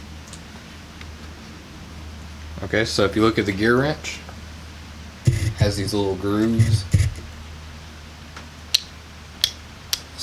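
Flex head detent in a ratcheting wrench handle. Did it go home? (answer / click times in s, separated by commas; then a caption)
yes / 8.8 s, 9.4 s, 9.9 s. Someone talks, then the flex head of a steel GearWrench ratcheting wrench is pivoted through the little detent grooves in its handle. Sharp metallic clicks ring out at 8.8, 9.4 and 9.9 seconds as the head snaps into each position and seats.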